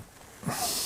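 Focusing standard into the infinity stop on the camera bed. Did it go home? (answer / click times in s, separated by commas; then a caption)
no / none. The focusing standard of an old Ernemann folding plate camera is racked along its bed toward the infinity stop. A quiet stretch gives way at about 0.5 s to a soft low thump and a louder, breathy sliding hiss that lasts to the end. Nothing has seated or clicked yet.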